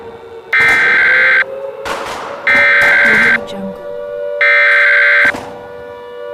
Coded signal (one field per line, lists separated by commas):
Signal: Emergency Alert System (SAME) tones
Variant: header bursts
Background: speech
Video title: EAS SCENARIO - THE UNFORTUNATE: PART 2